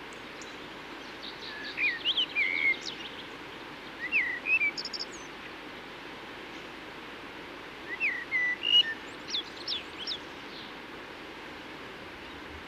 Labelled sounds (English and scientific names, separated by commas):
Common Blackbird (Turdus merula) song